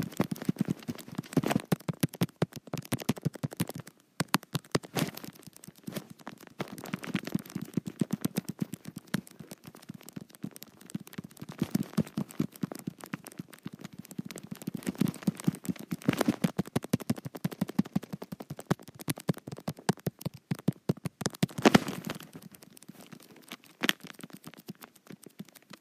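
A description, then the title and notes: Fingers tap and patter on a touch screen in quick, dense bursts of small clicks that run almost without pause for the whole clip. The taps sound dry and crisp, with a brief lull near four seconds. ASMR Touch Screen.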